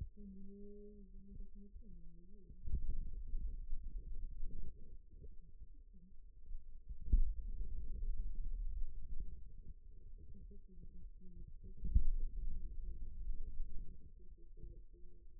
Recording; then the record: forearm muscle sounds (acoustic myography)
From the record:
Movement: finger pinch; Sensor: system 2, bracelet of six BSWA MPA416 microphones around the upper forearm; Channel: 4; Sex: male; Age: 22 years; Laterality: right